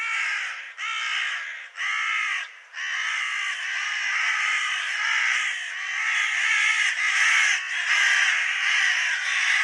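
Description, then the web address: Bird giving harsh, crow-like cawing calls in quick overlapping series, a few separated caws at the start, then an almost unbroken run of raucous calls. "cianscape birddata Deverinetal 2025"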